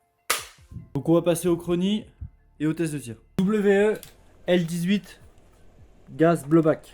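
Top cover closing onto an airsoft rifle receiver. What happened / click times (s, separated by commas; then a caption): The top cover latched shut / 0.3 s. After a part is slid back on until it clips, the top cover of a WE L85 gas blowback airsoft rifle is closed onto the receiver, giving a single loud, sharp latching hit at 0.3 s. The cover closes and latches shut, and then someone talks for the rest of the clip.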